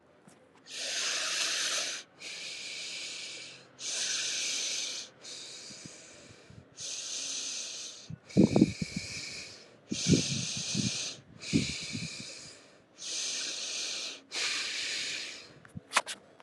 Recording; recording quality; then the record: deep breathing; moderate, slight background noise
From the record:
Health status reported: healthy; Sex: female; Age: 26 years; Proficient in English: yes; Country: India